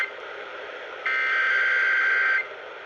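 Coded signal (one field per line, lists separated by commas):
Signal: Emergency Alert System (SAME) tones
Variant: header bursts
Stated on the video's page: Real Required Monthly Test originated by WNYC-FM 93.9 MHz, caught on five different radio stations in New York City.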